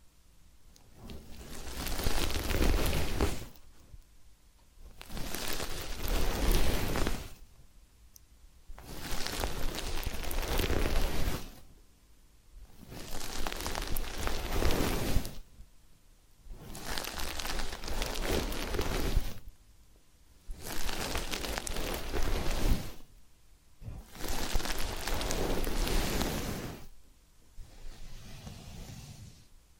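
Massage and ear-cleaning sounds: a rough, hissing rubbing swells in long strokes, each lasting about two to three seconds and separated by brief near-silent pauses. Roughly nine strokes come at a steady, unhurried pace, full and crackly, with a soft low thump now and then.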